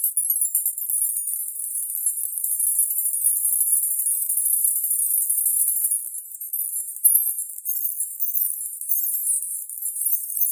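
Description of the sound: Tinnitus masking sound from a masker device: a quiet, high-pitched shimmering, tinkling band confined to roughly 6–16 kHz, with nothing in the low or middle frequencies. Its loudness wavers slightly throughout.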